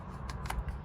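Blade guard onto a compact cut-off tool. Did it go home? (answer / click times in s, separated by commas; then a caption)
yes / 0.5 s. A Milwaukee M12 3-inch compact cut-off tool is maneuvered into its plastic/metal blade guard. Faint handling clicks at 0.3 s and 0.5 s are followed by a sharp click at 0.5 s as the guard clicks into place and seats, leaving the guard fitted on the tool.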